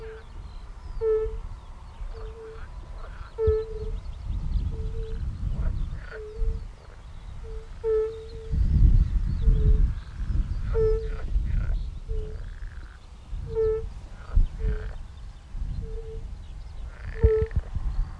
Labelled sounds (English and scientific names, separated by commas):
Fire-Bellied Toad (Bombina bombina) call